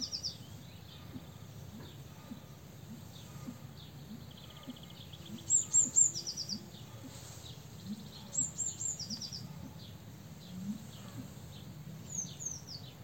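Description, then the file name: Eurasian blue tit phrases of high thin notes and buzzy churrs come a few times, among scattered faint chirps from other birds and a low rumbling background. "Cyanistes caeruleus"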